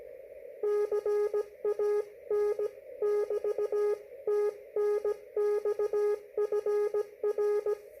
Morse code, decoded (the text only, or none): CAN <BT> TNX FR